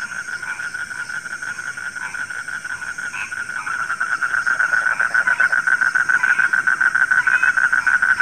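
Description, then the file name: Frog chorus of rattling, pulsed croaks that swells noticeably in the second half into a loud, regular throbbing. Frogs recorded at night. "suara kodok di malam hari"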